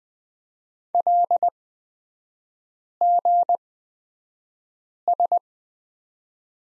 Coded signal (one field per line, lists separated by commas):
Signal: Morse code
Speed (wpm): 20 wpm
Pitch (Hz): 700 Hz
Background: none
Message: LGS